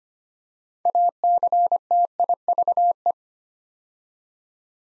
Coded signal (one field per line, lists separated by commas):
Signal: Morse code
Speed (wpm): 25 wpm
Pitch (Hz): 700 Hz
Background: none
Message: ACTIVE